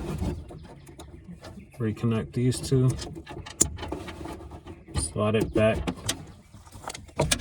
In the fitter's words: You hear it click in place.